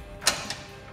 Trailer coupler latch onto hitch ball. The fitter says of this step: gonna lock it in and